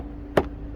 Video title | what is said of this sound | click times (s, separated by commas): Did they replace your oil filter? This is How to replace oil filter 2015 dodge ram 3.6 | till it clicks. Once it clicks, you're good to go. | 0.4 s